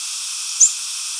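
American redstart flight call: a single very high, thin, brief upslurred note against a steady background hiss.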